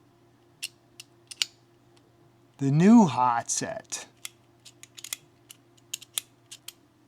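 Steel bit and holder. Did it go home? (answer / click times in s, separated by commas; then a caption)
no / none. A Festool Centrotec screwdriver bit is pushed repeatedly into a newer quick-release bit holder set, making short, sharp taps and clicks scattered through the clip. Someone talks briefly in the middle. The bit fails to lock into the holder, and nothing has seated or clicked into place.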